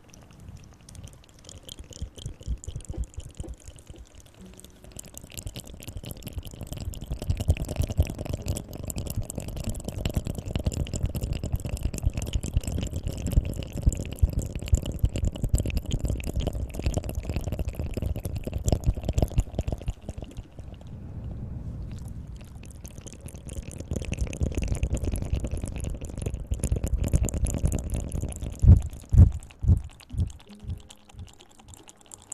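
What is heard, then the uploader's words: Hand sounds and movements: dense, rapid rubbing and tapping with many tiny clicks, building from about 5 seconds and holding steady until near 20 seconds. After a short quiet gap it resumes around 22 seconds, with a few sharper taps near 29 seconds before easing off. Hand Sounds & Movements, Mouth Sounds.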